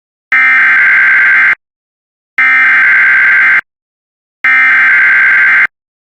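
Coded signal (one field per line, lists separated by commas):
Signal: Emergency Alert System (SAME) tones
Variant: header bursts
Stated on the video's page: Severe Thunderstorm Warning alert for Texas counties.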